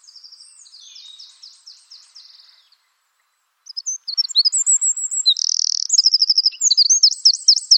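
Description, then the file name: Eurasian wren song: a softer run of high trills fades out, then after a pause a loud burst of rapid, shrill, rattling trills and sharp notes follows. "Troglodytes troglodytes"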